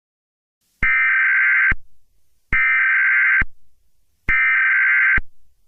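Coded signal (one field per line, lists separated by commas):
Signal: Emergency Alert System (SAME) tones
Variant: header bursts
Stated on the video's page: Fictional EAS scenario.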